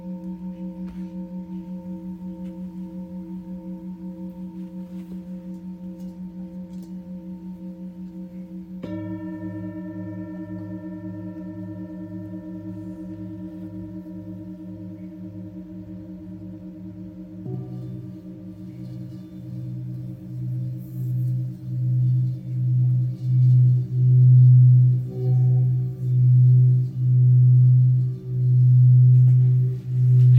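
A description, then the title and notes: A Tibetan singing bowl rings with a steady, pure tone, and fresh strikes near 9 and 17 seconds add deeper notes. After the second strike the sound swells and wobbles in slow, regular pulses, growing louder toward the end while the earlier tones keep humming underneath. Tibetan Singiing Bowl のサウンドヒーリングチャンネル LIVE.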